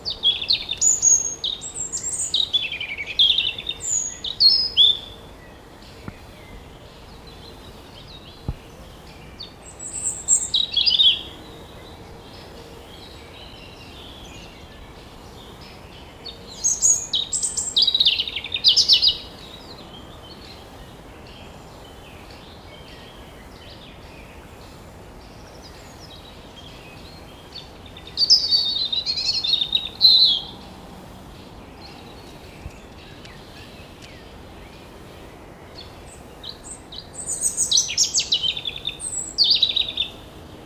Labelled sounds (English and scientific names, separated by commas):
European Robin (Erithacus rubecula) song